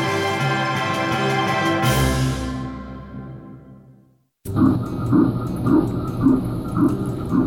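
Fetal heartbeats on ultrasound Doppler: the heartbeats of three fetuses, triplet boys, heard as rhythmic whooshing pulses. A fetal heartbeat can be heard on ultrasound as early as six weeks.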